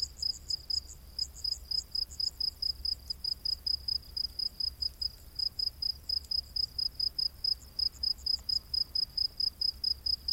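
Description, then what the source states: Cricket chirping in rapid, steady high-pitched pulses, about four per second, with a second, higher pulsed insect sound at times. Rainforest at night.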